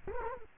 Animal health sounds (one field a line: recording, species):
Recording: mosquito wingbeat signal from an infrared sensor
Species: Culex quinquefasciatus